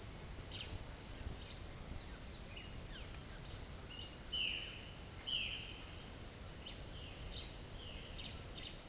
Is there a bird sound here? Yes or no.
yes